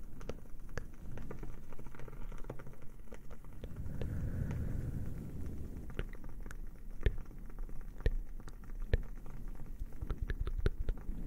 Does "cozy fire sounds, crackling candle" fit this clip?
yes